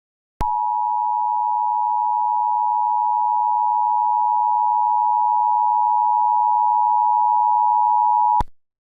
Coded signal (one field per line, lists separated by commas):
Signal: Emergency Alert System (SAME) tones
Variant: 853 and 960 Hz attention tone